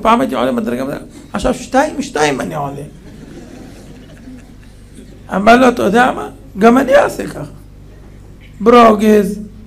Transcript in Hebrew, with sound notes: פעם הייתי עולה מדרגה, מדרגה. היום שתיים אני עולה'. (צחוק בקהל) אמר לו: 'אתה יודע מה? גם אני אעשה ככה, ברוגז'.